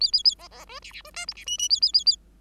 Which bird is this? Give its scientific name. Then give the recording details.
Lonchura striata domestica. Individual Bird5